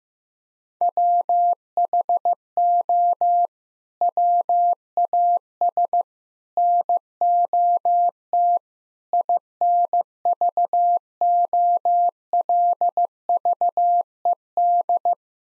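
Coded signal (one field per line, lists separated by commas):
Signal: Morse code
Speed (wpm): 15 wpm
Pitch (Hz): 700 Hz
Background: none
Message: WHO WAS NOT INVOLVED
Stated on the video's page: Head-copy practice at 15 wpm: common six-word groups sent in Morse, spoken, then sent again.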